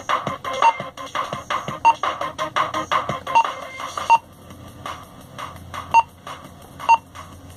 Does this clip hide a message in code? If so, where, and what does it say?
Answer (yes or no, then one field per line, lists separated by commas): no